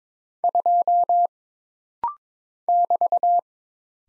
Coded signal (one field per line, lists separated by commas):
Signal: Morse code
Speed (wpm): 22 wpm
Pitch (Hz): 700 Hz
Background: none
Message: 2 <BT>